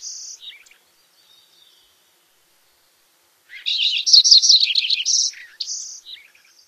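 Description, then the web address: Lincoln's sparrow delivering a hurried, bubbling song of mixed trills and warbled notes, preceded by a song ending and faint soft notes. "Songs of Birds of North America Stokes. Lincolns Sparrow"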